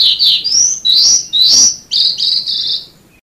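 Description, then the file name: Sanma bird song: a series of high whistled phrases separated by brief pauses, the later phrases flatter and fading out. "suara burung sanma"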